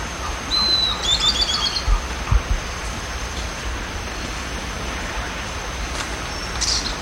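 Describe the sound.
Bird song phrase: a thin, level high whistle followed by a quick run of bright, slurred notes that falls slightly, once, over steady hiss.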